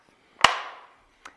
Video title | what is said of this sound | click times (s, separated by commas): 2014-2022+ MINI Hardtop 2-dr Hatchback with Flush Side Rails - Thule's Best Roof Rack Crossbars | okay now when it's time to put the cover back on that just snaps back into place | 0.5 s